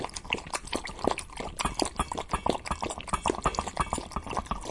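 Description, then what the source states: Dog lapping and eating, quick wet clicks and slurps repeating several times a second, steady and unbroken throughout. Dog eating and drinking.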